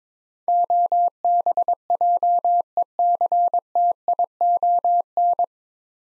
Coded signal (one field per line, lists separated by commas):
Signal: Morse code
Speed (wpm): 22 wpm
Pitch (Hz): 700 Hz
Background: none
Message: OBJECTION